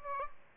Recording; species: mosquito wingbeat signal from an infrared sensor; Aedes albopictus